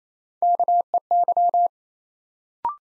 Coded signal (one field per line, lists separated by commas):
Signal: Morse code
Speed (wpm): 28 wpm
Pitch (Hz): 700 Hz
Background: none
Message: KEY